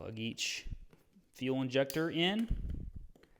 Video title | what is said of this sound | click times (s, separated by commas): CBR600rr Wrecked bike rebuild (PT. 1 Diagnosis & getting it running) | That one didn't click, but it is on there. | none